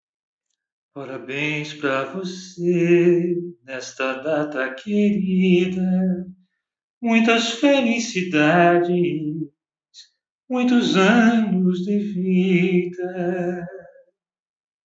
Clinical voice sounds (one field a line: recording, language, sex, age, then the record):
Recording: short text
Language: Brazilian Portuguese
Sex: male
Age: 50 to 59 years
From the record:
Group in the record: control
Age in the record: 54 years